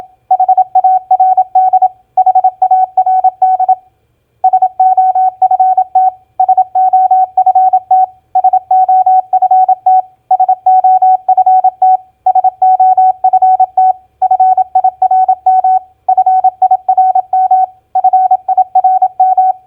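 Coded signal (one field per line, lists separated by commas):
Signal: Morse code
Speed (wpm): 27 wpm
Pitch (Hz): 750 Hz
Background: none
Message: HARD HARD SOFT SOFT SOFT SOFT SOFT FIRM FIRM FIRM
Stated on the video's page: Morse practice drill of common four-letter word recognition, played at 27 wpm.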